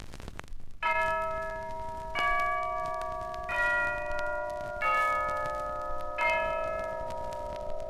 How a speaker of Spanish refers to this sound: Ya doblan las campanas, se llevan a mi amor